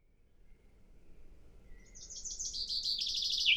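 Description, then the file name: Common chaffinch song phrase: high rapid trilled notes begin softly and grow louder, descending in steps, cut off before it ends. "Fringilla coelebs"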